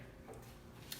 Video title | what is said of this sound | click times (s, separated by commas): Honey Extraction Demo (Facebook Live) | actually hear it click and then it'll read an arrow up here so | 0.9 s